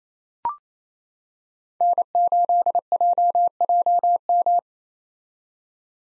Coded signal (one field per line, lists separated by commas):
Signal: Morse code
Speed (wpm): 28 wpm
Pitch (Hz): 700 Hz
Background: none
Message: N8JJM